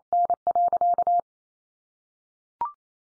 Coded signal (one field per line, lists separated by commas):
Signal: Morse code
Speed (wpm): 28 wpm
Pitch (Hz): 700 Hz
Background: none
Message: N.